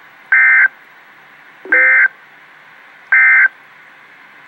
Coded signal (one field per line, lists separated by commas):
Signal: Emergency Alert System (SAME) tones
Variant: end-of-message bursts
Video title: REAL EAS 669-Severe thunderstorm watch